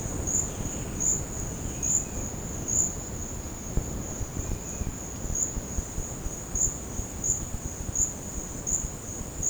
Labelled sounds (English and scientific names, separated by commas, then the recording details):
none
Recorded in secondary vegetation near Puerto Asís, Putumayo, Colombia, on 12 March 2025 at 13:30
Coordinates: 0.481, -76.318
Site G097